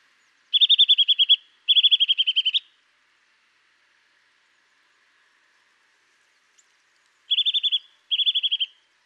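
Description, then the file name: Eurasian nuthatch calling in two pairs of rapid, evenly spaced piping notes, each burst under a second, with a quiet pause between the pairs. "Sitta europaea"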